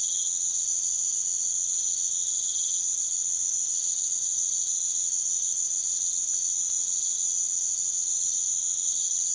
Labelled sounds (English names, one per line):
none